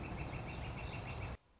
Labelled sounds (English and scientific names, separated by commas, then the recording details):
Northern Flicker (Colaptes auratus)
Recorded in Sonoma County, California